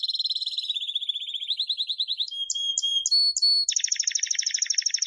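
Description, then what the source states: Canary delivering rolling trills that rise and fall, a few crisp high notes, then a dense, fast buzzy trill to the end. Song described as 'gacor', a local term for a bird singing energetically and continuously.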